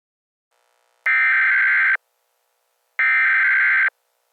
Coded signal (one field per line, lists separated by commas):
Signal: Emergency Alert System (SAME) tones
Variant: header bursts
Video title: EAS Scenario #10: Hypnotized